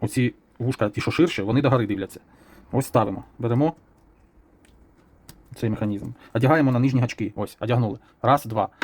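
Someone talks while picking up the plastic scissor hinge mechanism of a keycap for an Asus ROG GL553 laptop keyboard base and orienting it with the wider ears facing up, ready to hook onto the lower hooks. Faint handling ticks are heard around 4.7 s and 5.3 s in a pause in the talking. Nothing has seated or clicked yet.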